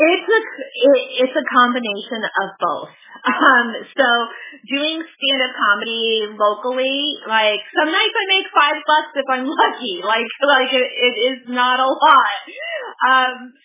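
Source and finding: Adult woman speaking. Stuttering.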